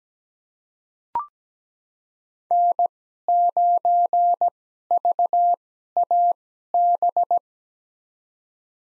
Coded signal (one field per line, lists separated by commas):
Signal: Morse code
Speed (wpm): 17 wpm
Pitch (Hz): 700 Hz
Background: none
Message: N9VAB